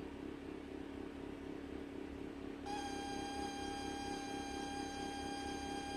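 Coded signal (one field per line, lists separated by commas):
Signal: ZX Spectrum tape loading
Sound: rumbling noise, then a steady buzzy tone around 800 Hz joins and holds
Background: engine-like rumble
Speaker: and the magic of old-school loading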